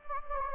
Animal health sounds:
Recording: mosquito wingbeat signal from an infrared sensor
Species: Anopheles gambiae

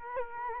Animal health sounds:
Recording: mosquito wingbeat signal from an infrared sensor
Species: Culex quinquefasciatus

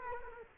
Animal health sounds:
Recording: mosquito wingbeat signal from an infrared sensor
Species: Culex quinquefasciatus

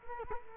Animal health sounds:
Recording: mosquito wingbeat signal from an infrared sensor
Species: Culex quinquefasciatus

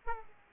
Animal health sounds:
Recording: mosquito wingbeat signal from an infrared sensor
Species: Aedes aegypti

